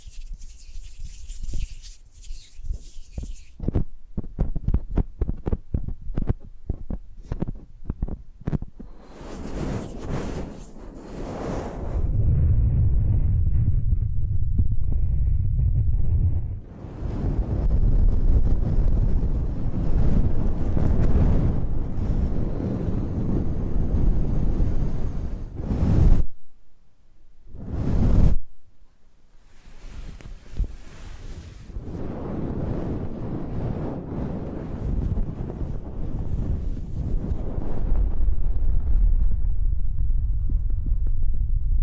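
Close-up ear scratching and face brushing triggers with no talking. Quick, crisp scratches tick rapidly in the first ten seconds, then give way to dense, low, whooshing rubbing that carries through most of the clip, broken by two sharp bright swipes near 26 and 28 seconds.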